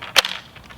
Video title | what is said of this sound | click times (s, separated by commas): Ginormous Water Powered Rocket! - Unboxing Assembly & Demonstration - Top Toys 2020! | into the launch base which is right here we should hear a click | 0.2 s